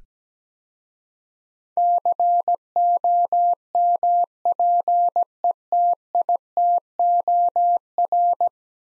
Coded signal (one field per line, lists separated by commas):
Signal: Morse code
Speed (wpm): 17 wpm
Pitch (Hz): 700 Hz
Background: none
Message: COMPETITOR